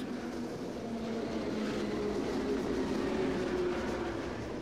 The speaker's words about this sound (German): Ich nehme das Rattern der S-Bahn mit in den Schlaf.